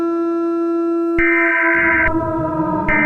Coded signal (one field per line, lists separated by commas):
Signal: Emergency Alert System (SAME) tones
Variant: header bursts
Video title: EAS Scenario #7: The Acid Rain